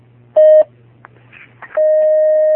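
A steady telephone line tone sounds in a short beep, then a pause with faint clicks and line noise, then returns as a long continuous tone as a caller's phone call is taken on a call-in fatwa program.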